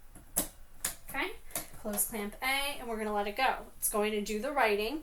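A pen is pushed into the open clamp of a cutting machine's tool holder and seats with a click at 0.9 s. Short sharp transients precede it. Someone then talks while moving on to close the clamp.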